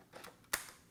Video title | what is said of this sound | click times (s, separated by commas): Panasonic AG DVX200 Tutorial | To put the battery in, press it in till it clicks and close the hatch. | 0.5 s